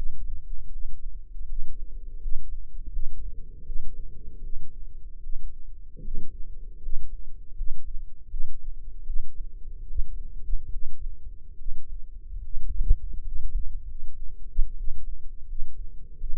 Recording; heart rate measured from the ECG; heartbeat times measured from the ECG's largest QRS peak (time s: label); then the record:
heart sounds by microphone in the left ear; 78 bpm
0.69 s: heartbeat
1.45 s: heartbeat
2.18 s: heartbeat
2.89 s: heartbeat
3.62 s: heartbeat
4.40 s: heartbeat
5.19 s: heartbeat
6.00 s: heartbeat
6.78 s: heartbeat
7.53 s: heartbeat
8.27 s: heartbeat
9.03 s: heartbeat
9.84 s: heartbeat
10.69 s: heartbeat
11.55 s: heartbeat
12.40 s: heartbeat
13.22 s: heartbeat
13.84 s: heartbeat
14.74 s: heartbeat
15.44 s: heartbeat
16.16 s: heartbeat
From the record:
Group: healthy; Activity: rest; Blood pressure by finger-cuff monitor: 104/62 mmHg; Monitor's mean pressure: 74 mmHg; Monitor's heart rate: 78 bpm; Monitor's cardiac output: 6.7 L/min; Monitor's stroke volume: 88 mL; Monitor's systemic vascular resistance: 770 dyn s/cm5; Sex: female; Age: 22 years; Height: 171 cm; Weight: 65.6 kg